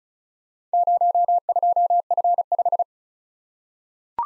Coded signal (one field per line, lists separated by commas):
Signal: Morse code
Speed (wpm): 35 wpm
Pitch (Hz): 700 Hz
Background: none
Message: 02F5